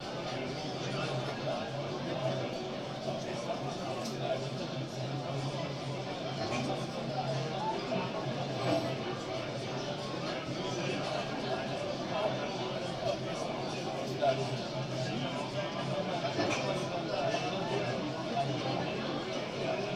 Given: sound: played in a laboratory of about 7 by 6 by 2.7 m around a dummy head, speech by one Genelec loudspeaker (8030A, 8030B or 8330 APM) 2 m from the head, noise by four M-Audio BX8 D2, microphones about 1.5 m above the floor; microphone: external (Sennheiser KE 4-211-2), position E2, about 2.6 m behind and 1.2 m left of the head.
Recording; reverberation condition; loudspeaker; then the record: cafeteria noise; low; four, about 170 cm from the corners of the room and facing them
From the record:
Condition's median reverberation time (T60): about 310 ms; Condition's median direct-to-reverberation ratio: about 3.5 dB